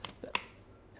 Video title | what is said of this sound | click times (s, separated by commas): Retro motorcycle helmet review | also have a nice click arrangement here or crack crack arrangement you push that open that opens the visor | 0.0 s, 0.4 s